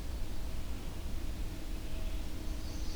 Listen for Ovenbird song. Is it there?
no